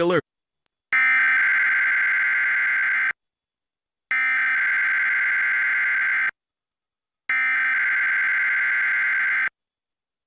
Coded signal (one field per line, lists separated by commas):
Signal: Emergency Alert System (SAME) tones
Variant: header bursts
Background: speech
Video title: Required Weekly EAS Test on WCNC Charlotte Ch. 36.1 | EAS #346 (5/30/2024)